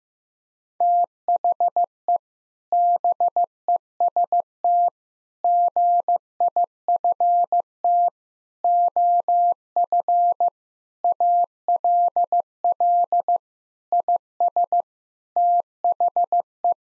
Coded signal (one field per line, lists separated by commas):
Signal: Morse code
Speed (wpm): 15 wpm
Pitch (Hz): 700 Hz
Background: none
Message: THE BEST GIFT OF ALL IS THE